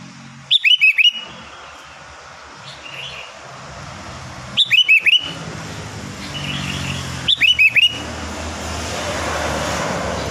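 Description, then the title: Sooty-headed bulbul song: a brisk phrase of four or five whistled notes returns three times, a few seconds apart, with a faint engine drone underneath. "Kutilang"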